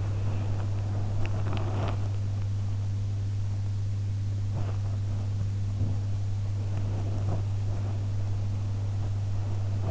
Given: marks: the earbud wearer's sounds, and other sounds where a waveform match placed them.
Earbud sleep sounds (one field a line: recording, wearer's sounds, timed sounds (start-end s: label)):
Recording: sounds in sleep by an in-ear microphone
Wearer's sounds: body movement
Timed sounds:
0.00-2.17 s: body movement